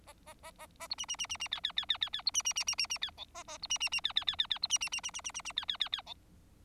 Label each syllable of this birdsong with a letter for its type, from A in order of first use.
A A A A A B C C C C C D D D D D D B C C C C C C D E A A B C C C D D D D D B C C C C C C C C D D D D E